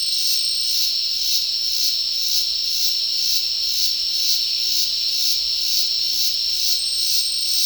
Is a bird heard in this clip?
no